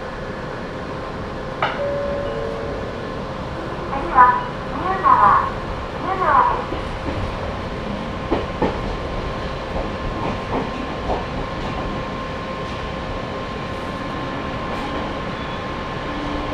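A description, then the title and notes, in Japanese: A ride on a Sangi Railway train fills the clip with a steady low rumble and a constant humming whine. Short squeaky bursts cluster around four to seven seconds, followed by scattered sharp knocks from about eight to eleven seconds. 三岐鉄道三岐線 西藤原→北勢中央公園口。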